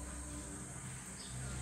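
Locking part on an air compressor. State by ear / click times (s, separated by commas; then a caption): not seated / none. A locking part on a leaking air compressor is handled during repair, before its lock catches. Only a steady low rumble and a constant high-pitched band are heard, with no sudden sounds. Nothing has seated or clicked yet.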